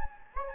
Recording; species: mosquito wingbeat signal from an infrared sensor; Anopheles gambiae